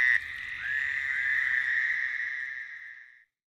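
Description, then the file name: Fowler's toad giving a single drawn-out nasal buzz of nearly three seconds that fades away at the end. "Fowlers Toad (Wild America)"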